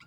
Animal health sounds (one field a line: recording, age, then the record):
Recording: pig call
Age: piglet (1 to 25 days)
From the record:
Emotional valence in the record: positive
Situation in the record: short reunion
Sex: female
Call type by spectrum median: low-frequency call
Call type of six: low-frequency tonal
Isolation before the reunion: 3 minutes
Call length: 0.07 s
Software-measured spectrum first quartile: 802 Hz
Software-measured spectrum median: 1816 Hz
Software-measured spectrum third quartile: 2944 Hz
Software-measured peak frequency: 1390 Hz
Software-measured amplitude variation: 107 dB a second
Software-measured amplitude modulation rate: 6.7 a second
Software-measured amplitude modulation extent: 16.0 dB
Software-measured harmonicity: 4.6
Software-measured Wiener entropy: -1.97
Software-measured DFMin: 846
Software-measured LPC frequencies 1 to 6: 1347, 2213, 2732, 3777, 4862, 7119 Hz